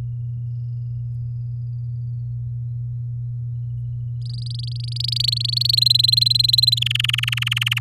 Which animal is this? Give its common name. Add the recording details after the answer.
Domestic Canary. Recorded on 10 May 2018 at 06:41. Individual llb16